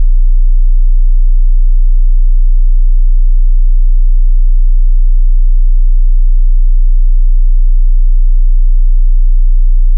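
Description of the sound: A steady, very low-pitched test tone, around 50 Hz with all its energy below 200 Hz, with faint scattered clicks. It is used for tinnitus determination, matching the pitch of a person's tinnitus.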